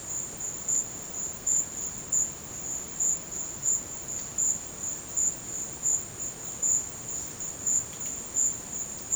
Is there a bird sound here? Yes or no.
no